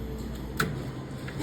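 The plastic door safety interlock button on a Bunn coffee machine, which keeps the machine from running unless the door is closed, is pushed back into its normal position after being pulled out. A sharp click at 0.6 s marks the plunger seating, followed by a fainter tap at 1.3 s over a steady low background hum. The switch is seated.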